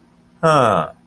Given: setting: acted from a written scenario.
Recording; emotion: vocal sound without words; confusion